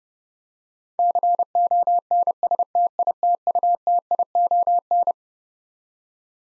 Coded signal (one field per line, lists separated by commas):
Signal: Morse code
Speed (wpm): 30 wpm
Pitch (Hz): 700 Hz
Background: none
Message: CONSTITUTION